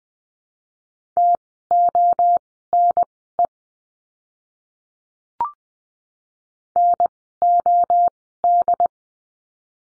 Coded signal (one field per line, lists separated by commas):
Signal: Morse code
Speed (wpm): 20 wpm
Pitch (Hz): 700 Hz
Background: none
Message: TONE NOD